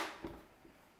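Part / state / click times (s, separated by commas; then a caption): beam splitter glass clips into teleprompter hood frame / not seated / none. The beam splitter glass of an Elgato Prompter XL is handled and tilted into the teleprompter hood frame, with its small hook clips about to be pressed in. A soft, broad handling rustle fades over the second, with a light knock near a quarter second and a fainter tap later. Nothing has seated or clicked yet.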